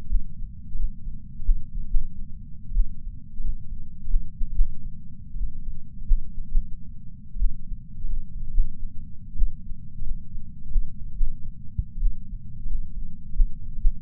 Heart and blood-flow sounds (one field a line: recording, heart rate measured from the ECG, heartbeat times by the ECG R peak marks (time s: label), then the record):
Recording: heart sounds by patch sensor on the chest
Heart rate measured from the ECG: 92 bpm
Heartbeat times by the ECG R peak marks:
0.10 s: heartbeat
0.78 s: heartbeat
1.45 s: heartbeat
1.90 s: heartbeat
2.75 s: heartbeat
3.43 s: heartbeat
4.09 s: heartbeat
4.54 s: heartbeat
5.39 s: heartbeat
6.07 s: heartbeat
6.62 s: heartbeat
7.40 s: heartbeat
8.08 s: heartbeat
8.53 s: heartbeat
9.37 s: heartbeat
10.05 s: heartbeat
10.71 s: heartbeat
11.16 s: heartbeat
12.02 s: heartbeat
12.69 s: heartbeat
13.35 s: heartbeat
13.80 s: heartbeat
From the record:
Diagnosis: coronary artery disease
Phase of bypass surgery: postoperative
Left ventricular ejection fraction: 56.9%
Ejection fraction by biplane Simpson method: 54%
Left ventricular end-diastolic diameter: 47 mm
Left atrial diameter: 43 mm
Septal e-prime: 5 cm/s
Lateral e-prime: 5.3 cm/s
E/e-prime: 10.9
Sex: male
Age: 77 years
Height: 160 cm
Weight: 79.5 kg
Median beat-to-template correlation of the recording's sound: 0.62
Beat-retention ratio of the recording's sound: 1.00